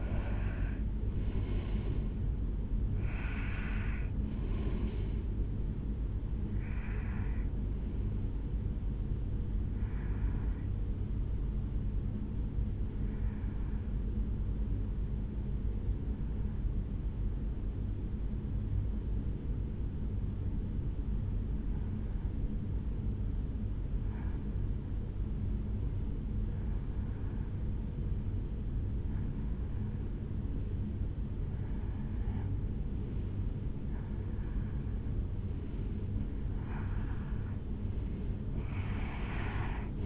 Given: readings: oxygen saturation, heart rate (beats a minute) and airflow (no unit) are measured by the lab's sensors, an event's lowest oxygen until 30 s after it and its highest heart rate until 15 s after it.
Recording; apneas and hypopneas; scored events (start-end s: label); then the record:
breathing in sleep by a smartphone at the bedside; 1
15.00-35.30 s: hypopnea (N1, oxygen 96% highest, then 90% lowest, heart rate 61 at the start, 72 highest)
24.00-40.06 s: new sleep stage, N2 (light sleep)
From the record:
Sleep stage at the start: N1 (lightest sleep); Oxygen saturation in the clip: 89 to 96%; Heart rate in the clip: 58 to 74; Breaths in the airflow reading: 13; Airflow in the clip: -4.7 to 5.7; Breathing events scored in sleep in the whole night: 449 in 7.0 hours asleep